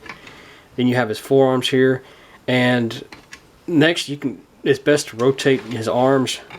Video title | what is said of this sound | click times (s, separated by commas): Transformers Combiner Wars Voyager Class Long Haul Review | you can see it pops right in real easy. | 0.1 s